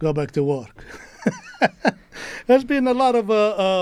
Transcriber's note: laughter